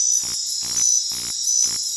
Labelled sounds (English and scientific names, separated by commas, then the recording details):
none
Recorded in dense forest near Puerto Asís, Putumayo, Colombia, on 24 March 2025 at 23:30
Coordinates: 0.503, -76.323
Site GP09